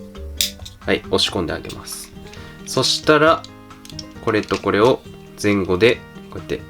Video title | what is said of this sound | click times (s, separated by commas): 【🚓パトカー🚒消防車🚑救急車がロボットに合体！？】🏍🚢🚁ユナイトビークル登場！ジョブレイバーの新商品を合体から戻し方まで完全レビュー！【㊗４年目突入】 | うに、これもまたカチッとね、なるまで、こうやって、 | 0.4 s